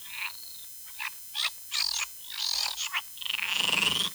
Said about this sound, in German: Die Frösche lauter quaken.